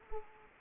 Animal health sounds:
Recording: mosquito wingbeat signal from an infrared sensor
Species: Anopheles gambiae

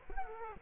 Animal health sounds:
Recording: mosquito wingbeat signal from an infrared sensor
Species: Culex quinquefasciatus

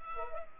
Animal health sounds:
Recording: mosquito wingbeat signal from an infrared sensor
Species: Culex pipiens

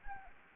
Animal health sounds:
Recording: mosquito wingbeat signal from an infrared sensor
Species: Anopheles gambiae

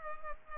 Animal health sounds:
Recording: mosquito wingbeat signal from an infrared sensor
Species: Culex pipiens

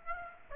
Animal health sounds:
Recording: mosquito wingbeat signal from an infrared sensor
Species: Aedes aegypti

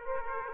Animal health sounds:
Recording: mosquito wingbeat signal from an infrared sensor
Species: Aedes aegypti

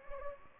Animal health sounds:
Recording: mosquito wingbeat signal from an infrared sensor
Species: Anopheles gambiae

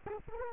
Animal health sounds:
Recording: mosquito wingbeat signal from an infrared sensor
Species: Culex quinquefasciatus

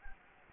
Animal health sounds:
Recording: mosquito wingbeat signal from an infrared sensor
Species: Anopheles gambiae

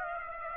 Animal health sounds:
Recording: mosquito wingbeat signal from an infrared sensor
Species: Aedes aegypti

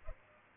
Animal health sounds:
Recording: mosquito wingbeat signal from an infrared sensor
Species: Culex pipiens

